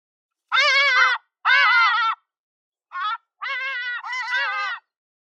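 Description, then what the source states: Hadeda ibis calls: a few loud, harsh, nasal honking bursts in quick succession. A group of birds calling.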